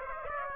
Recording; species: mosquito wingbeat signal from an infrared sensor; Aedes aegypti